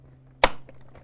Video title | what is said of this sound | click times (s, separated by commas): How to check a Hozelock Aquaforce impellor | and click the two clicks back into place | 0.4 s